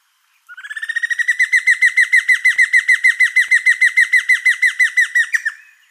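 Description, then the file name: Giant antshrike singing a rapid train of ringing, downward-slurred notes that builds in volume over the first second and holds steady, finishing with a brief higher accent. "suara giant antshrike. omkicau"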